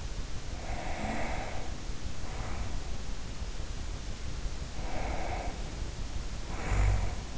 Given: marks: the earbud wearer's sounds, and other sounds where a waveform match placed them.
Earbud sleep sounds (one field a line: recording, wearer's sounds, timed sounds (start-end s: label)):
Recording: sounds in sleep by an in-ear microphone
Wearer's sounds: breath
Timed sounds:
0.46-2.79 s: breath
4.76-7.38 s: breath